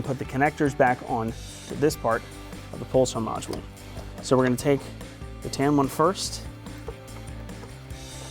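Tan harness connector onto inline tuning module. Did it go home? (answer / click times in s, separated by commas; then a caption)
no / none. Someone talks over background music while preparing to fit the tan wiring-harness connector onto the header of an Edge Pulsar inline tuning module on a 2019–2022 5.7L RAM 1500. The connector is seated by hand before its red locking paddle is pushed down, but in this clip nothing has seated or clicked yet. Two brief faint sounds occur at about 6.7 s and 7.5 s.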